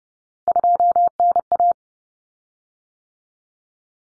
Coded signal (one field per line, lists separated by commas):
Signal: Morse code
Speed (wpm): 30 wpm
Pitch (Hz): 700 Hz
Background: none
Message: 2NA